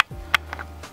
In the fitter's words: it'll just push in and click in like that